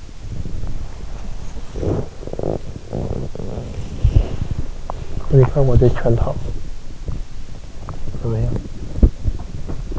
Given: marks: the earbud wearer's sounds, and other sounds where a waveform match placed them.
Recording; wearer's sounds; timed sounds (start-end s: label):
sounds in sleep by an in-ear microphone; body movement
0.00-4.69 s: body movement
4.74-9.99 s: sound from someone else or the room